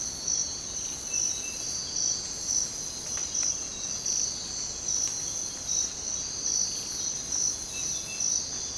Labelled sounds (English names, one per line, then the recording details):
none
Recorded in dense forest near Puerto Asís, Putumayo, Colombia, on 22 December 2024 at 05:00
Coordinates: 0.466, -76.327
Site G075